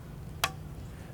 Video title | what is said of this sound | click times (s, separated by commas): Archery Safety - Things To Check | nice little click again they don't they don't come off they don't they're not too tight but | 0.4 s